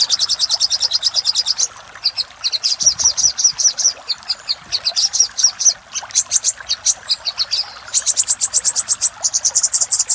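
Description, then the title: Little spiderhunter singing long, rapid trilled runs of very high notes, broken by short pauses. Master recording of little spiderhunter ('sogok ontong'), labelled Labaik, used for training cage birds. "Masteran Burung Sogok Ontong Labaik"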